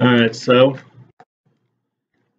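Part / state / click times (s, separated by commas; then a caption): handgun into retention holster / seated / 1.2 s. Someone talks, then a handgun is seated into a retention holster and locks in with a faint, short click at 1.2 seconds. After the click the clip goes quiet.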